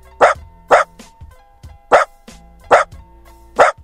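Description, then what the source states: Dachshund barking: several loud clipped yaps, with a few softer ones between. Replayed on a radio quiz after the reveal that it is a real dog, not AI; said to be a Dachshund.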